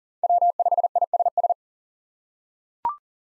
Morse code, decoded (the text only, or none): W5ISS